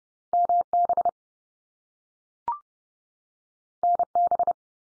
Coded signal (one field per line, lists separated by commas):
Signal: Morse code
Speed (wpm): 30 wpm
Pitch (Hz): 700 Hz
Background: none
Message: MB NB